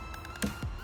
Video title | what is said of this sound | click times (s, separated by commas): Step by Step Windshield Wiper Change. | pops off you heard it pop | 0.4 s